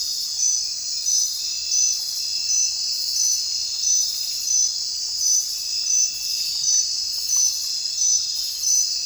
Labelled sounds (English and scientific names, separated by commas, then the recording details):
none
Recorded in dense forest near Puerto Asís, Putumayo, Colombia, on 21 December 2024 at 23:00
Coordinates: 0.467, -76.328
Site GP05